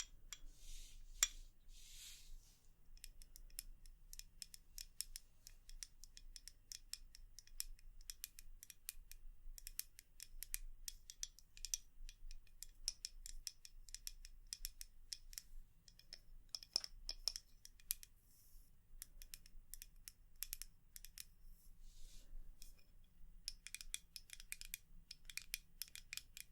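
Quick, dense tapping clicks run throughout, bright and crisp, in irregular bursts, over a steady low hum underneath.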